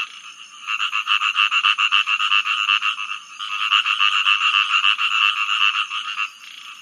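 Rice field frog giving a fast run of harsh, pulsed croaks that carry on almost without a break, with one brief dip in the middle.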